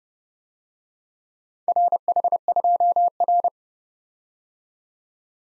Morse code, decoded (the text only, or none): RH2R